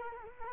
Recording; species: mosquito wingbeat signal from an infrared sensor; Culex quinquefasciatus